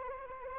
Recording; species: mosquito wingbeat signal from an infrared sensor; Anopheles arabiensis